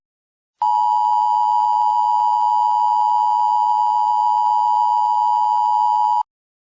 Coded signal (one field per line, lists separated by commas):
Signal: Emergency Alert System (SAME) tones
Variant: 853 and 960 Hz attention tone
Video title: EAS Scenario - ISIS Invades America, Part 1